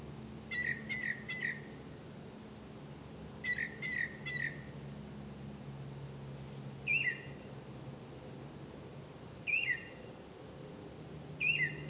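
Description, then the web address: Bird calling in bursts, two triplets of quick sharp notes, then single slurred calls spaced a few seconds apart over a low steady hum. "misc bird"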